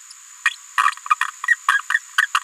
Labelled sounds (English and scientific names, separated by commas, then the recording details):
Green-rumped Parrotlet (Forpus passerinus) babbling
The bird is a female
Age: 27 days
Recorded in a nest box in Venezuela
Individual 17B73B2